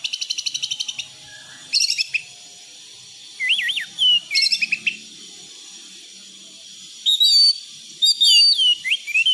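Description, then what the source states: Thrush song: rapid trilled chirps, then separate phrases of zigzag whistles with sharp notes and short pauses between. Cage-bird song tutoring recording (masteran); bird described as gacor teler.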